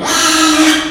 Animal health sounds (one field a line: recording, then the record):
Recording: squeal of a Yucatan mini pig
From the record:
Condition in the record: after surgery on the right vocal fold (resection and tissue-engineered implant)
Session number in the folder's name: 3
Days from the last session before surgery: 33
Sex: male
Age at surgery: 12 weeks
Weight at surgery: 13 kg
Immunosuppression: cyclosporine, prednisolone